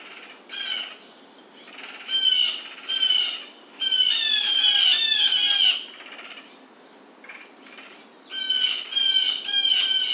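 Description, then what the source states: Blue jay calling with scattered short harsh notes and a longer rasping jeer, then a fast burst of squawks near the end. Recorded 2009-07-27.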